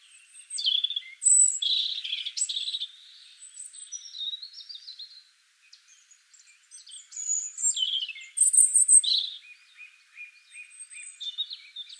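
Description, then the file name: European robin song: high, varied warbling phrases broken by a short pause, with thin high whistles and softer twittering. "Erithacus rubecula"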